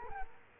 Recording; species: mosquito wingbeat signal from an infrared sensor; Culex quinquefasciatus